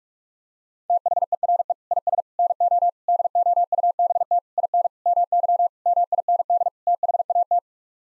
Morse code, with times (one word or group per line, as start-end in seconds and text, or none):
0.9-1.7 THERE
1.9-2.2 IS
2.4-2.9 NO
3.1-4.4 DOUBT
4.6-4.9 IN
5.1-5.7 MY
5.9-6.7 MIND
6.9-7.6 THAT